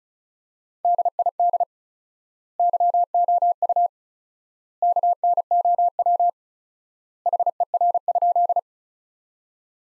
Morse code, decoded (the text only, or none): DID YOU KNOW HER?